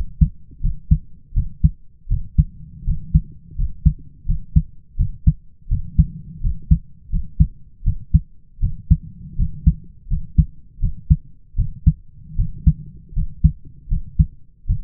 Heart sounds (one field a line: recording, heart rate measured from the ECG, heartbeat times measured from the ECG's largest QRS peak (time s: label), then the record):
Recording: heart sounds by stethoscope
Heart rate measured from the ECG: 81 bpm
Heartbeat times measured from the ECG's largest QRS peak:
0.61 s: heartbeat
1.34 s: heartbeat
2.08 s: heartbeat
2.84 s: heartbeat
3.56 s: heartbeat
4.26 s: heartbeat
4.96 s: heartbeat
5.68 s: heartbeat
6.41 s: heartbeat
7.10 s: heartbeat
7.84 s: heartbeat
8.60 s: heartbeat
9.36 s: heartbeat
10.08 s: heartbeat
10.80 s: heartbeat
11.56 s: heartbeat
12.36 s: heartbeat
13.13 s: heartbeat
13.88 s: heartbeat
14.66 s: heartbeat
From the record:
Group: healthy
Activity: rest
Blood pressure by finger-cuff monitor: 107/62 mmHg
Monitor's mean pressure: 73 mmHg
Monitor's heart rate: 82 bpm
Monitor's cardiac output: 6 L/min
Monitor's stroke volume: 74 mL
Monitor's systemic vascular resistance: 880 dyn s/cm5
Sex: male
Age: 20 years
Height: 167 cm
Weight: 61 kg